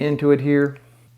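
A plastic interchangeable trimmer head attachment is being handled for fitting onto the body of a cordless HUMMINGBIRD MK9 MasterGroom All in One grooming trimmer while someone talks. Nothing has seated or clicked yet. The speech fades after about 0.75 s into a low, steady hum.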